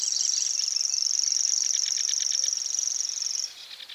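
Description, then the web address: Common grasshopper warbler reeling: a high, dry, insect-like trill held without a break for about three and a half seconds, then stopping. "réti-tücsökmadár-hangja. reti tucsokmadar"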